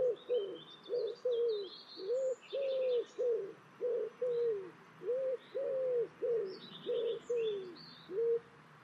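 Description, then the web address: Bird calls: a long, even run of low, hollow cooing notes, some clipped and some held, with scattered high chirps from other birds. "birddata Deverinetal 2025 Bird Only"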